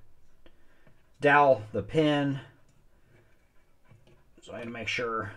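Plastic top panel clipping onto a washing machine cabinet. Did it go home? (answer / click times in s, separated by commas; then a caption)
no / none. The plastic top panel of an LG Waveforce washing machine, located by its dowel pins, is handled above the cabinet during reassembly after a clutch hub assembly replacement. Someone talks, with faint handling ticks near 0.5 s and 4.1 s. Nothing has seated or clicked yet; the panel is not yet snapped home.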